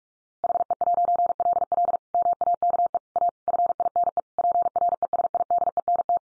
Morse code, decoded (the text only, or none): HE'LL MAKE A FINE PRESIDENT